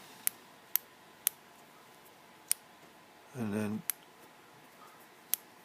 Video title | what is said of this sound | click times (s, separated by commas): Tool post is finished | if you guys can hear that click or not and | 0.3 s, 0.8 s, 1.3 s, 2.5 s